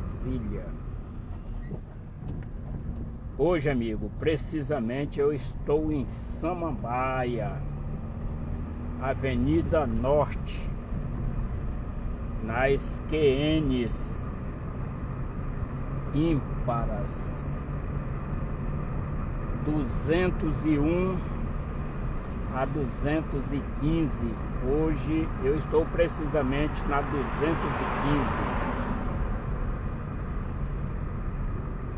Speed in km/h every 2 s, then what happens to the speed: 15, 17, 24, 31, 32, 35, 37, 39, 42, 44, 45, 45, 45, 43, 40, 37.
0-19 speeds up to 45. 19-24 steady at about 45. 24-32 slows to 37.